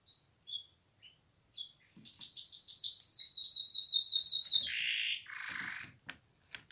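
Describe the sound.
Canary song: a few short high notes, then a rapid sweeping trill for nearly three seconds, followed by buzzy rasping phrases and faint clicks.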